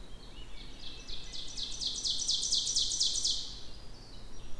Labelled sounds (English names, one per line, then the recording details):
Ovenbird song
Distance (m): 40 m
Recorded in boreal forest in Alberta, Canada, on 16 June 2016 at 06:39
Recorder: SongMeter 3, array SBT-3-32
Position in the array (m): 152 m, 33 m
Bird 36